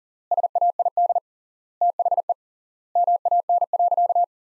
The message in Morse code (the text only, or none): SAID THE MAN.